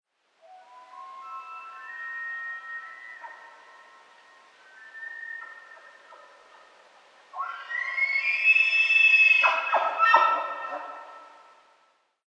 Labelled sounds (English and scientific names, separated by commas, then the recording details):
Red Deer (Cervus elaphus)
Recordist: Frommolt, Karl-Heinz
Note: Brunftrufe der Hirsche